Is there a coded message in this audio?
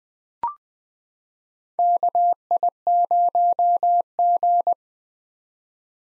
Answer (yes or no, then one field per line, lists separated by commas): yes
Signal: Morse code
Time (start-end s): 1.8-4.7 s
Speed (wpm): 20 wpm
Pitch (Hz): 700 Hz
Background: none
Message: KI0G